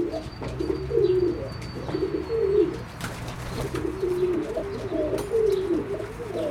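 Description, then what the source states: Pigeons cooing, several overlapping low rolling coos in continuous succession, with a faint high whistle and background hum. Berlin, Germany, 2022.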